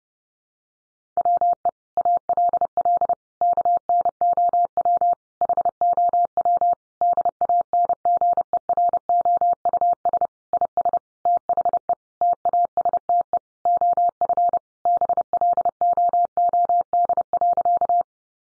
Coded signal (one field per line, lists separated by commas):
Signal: Morse code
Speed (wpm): 30 wpm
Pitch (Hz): 700 Hz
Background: none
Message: WE ALL KNOW HOW DANGEROUS IS THE TASTE OF BLOOD.